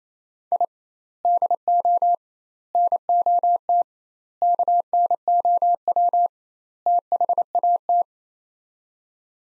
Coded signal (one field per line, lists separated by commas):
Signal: Morse code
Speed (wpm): 27 wpm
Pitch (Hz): 700 Hz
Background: none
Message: I DO NOT KNOW THAT